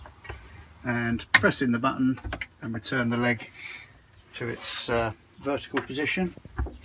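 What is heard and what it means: The folding leg of a camper van table is handled at its locking hinge: the release button is pressed and the leg is swung back toward its vertical position while someone talks. Faint handling knocks are heard under the speech, but the lock has not yet engaged and nothing has seated or clicked by the end of the clip.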